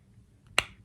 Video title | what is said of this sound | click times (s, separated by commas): I guess it’s Fall….here are some faves!🍂🍁(Fashion, Makeup, Fragrances) | it's beautiful, but you do have to make sure you hear the click, otherwise they could dry out. | 0.6 s